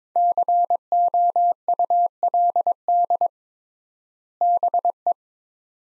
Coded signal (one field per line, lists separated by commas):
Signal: Morse code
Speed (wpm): 23 wpm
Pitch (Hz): 700 Hz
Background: none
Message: COULD BE